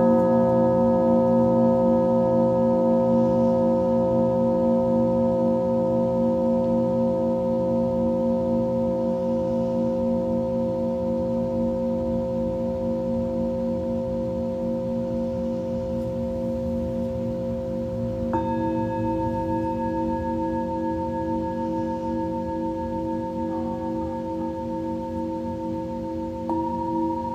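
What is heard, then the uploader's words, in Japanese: Singing bowls ring in a steady layered drone of sustained tones, with slight pitch shifts near eighteen and twenty-seven seconds and gentle pulsing throughout. メキシコから シンギングボウルのサウンドヒーリング。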